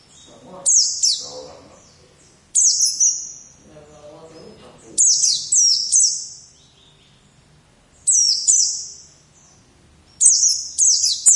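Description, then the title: White-eye song: sharp, very high twittering bursts with descending slurs, repeated every few seconds, with faint low background sounds between phrases early on. "Pleci"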